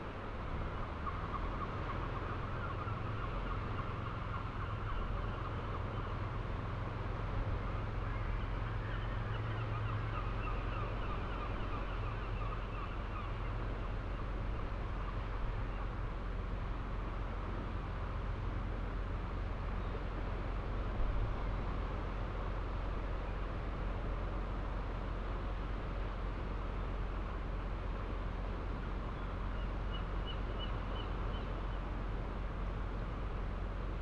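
Ocean waves wash against the old seawalls of St Abbs harbour at night, a steady, dense roar over a deep low rumble, with no sharp individual crashes. A low hum sits underneath for the first dozen seconds, and a faint high chirp appears near the thirty-second mark.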